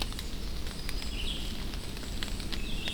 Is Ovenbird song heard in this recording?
no